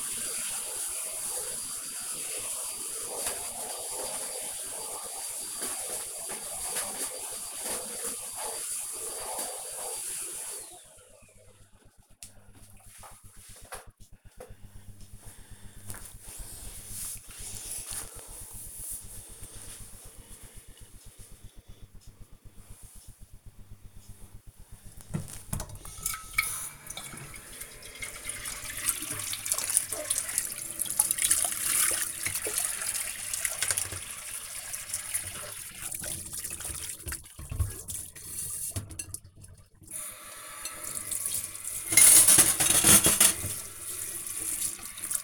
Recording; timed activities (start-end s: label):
household activities, microphone on the right wrist
0.00-10.59 s: vacuum cleaning
30.67-45.24 s: washing dishes